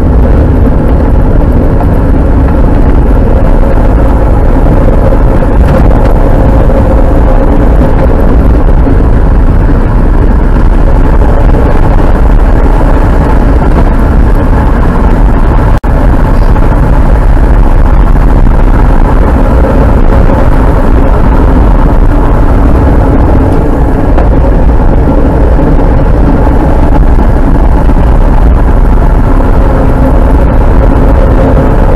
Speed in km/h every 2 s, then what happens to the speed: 42, 42, 44, 52, 50, 60, 63, 68, 71, 71, 63, 52, 49, 57, 58, 57.
4-16 speeds up to 71. 16-23 slows to 49.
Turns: 0-4.